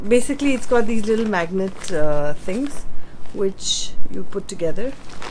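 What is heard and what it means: The small magnet joints of a collapsible ring light diffuser frame are handled while someone talks, with a brief noisy burst near 3.8 seconds. The joints have not snapped together yet, and nothing has seated or clicked.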